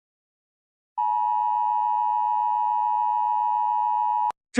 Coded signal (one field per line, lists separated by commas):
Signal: Emergency Alert System (SAME) tones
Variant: 853 and 960 Hz attention tone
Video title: EAS Scenario #44: The Sino-Filipino War.